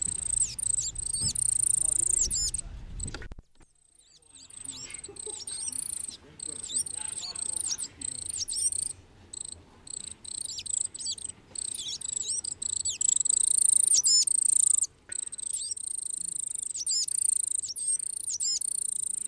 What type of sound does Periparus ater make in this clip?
song